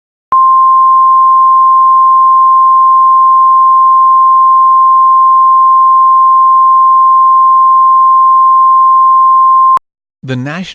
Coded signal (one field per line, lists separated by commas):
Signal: Emergency Alert System (SAME) tones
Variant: 1050 Hz attention tone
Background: speech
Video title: EAS Mock #2: PDS TOR for Omaha (Requested by Kurt Faircloth) (REUPLOAD)